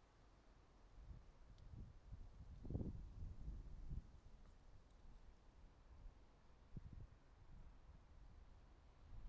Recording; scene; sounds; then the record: everyday scene through a hearing-aid microphone; wind on the microphone; wind, traffic, birds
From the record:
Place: suburban garden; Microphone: in the ear canal, right